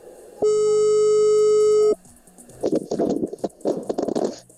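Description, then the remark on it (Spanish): A single long, steady telephone ringing tone of an outgoing call sounds for about a second and a half, loud and buzzy, then cuts off and gives way to bursts of crackly, rumbling noise. “vamos a llamar a la señora Paloma”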